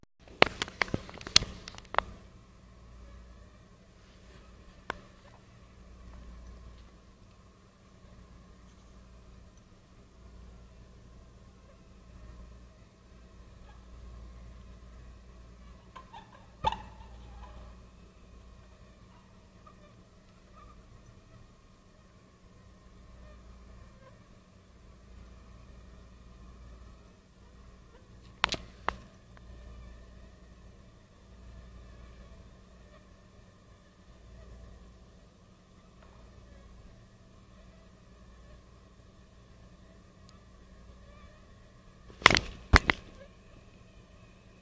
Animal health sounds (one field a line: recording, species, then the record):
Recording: mosquito flight sound by mobile phone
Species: Anopheles stephensi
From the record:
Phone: Nokia 5235